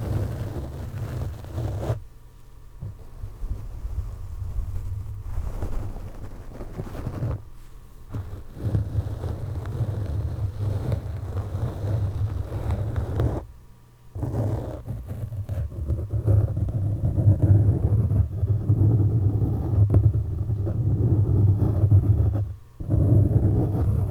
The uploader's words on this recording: ASMR Mic Scratching With Gloves.